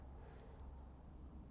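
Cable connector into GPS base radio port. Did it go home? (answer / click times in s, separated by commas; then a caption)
no / none. A cable connector with a red dot is lined up with the red dot on a GPS base radio port before being slid in. Only quiet handling noise and low background rumble are heard, with no click. Nothing has seated or clicked yet.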